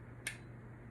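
A metal cobra buckle's male end is pushed into its female receiver on a tree saddle. A single sharp click sounds at 0.3 s over a low steady hum, and the buckle latches shut.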